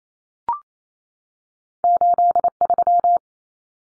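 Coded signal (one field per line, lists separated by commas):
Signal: Morse code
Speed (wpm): 28 wpm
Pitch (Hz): 700 Hz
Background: none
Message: 83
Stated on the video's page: Morse code head-copy drill of two-digit numbers at 28 wpm, each number sent, spoken, then sent again.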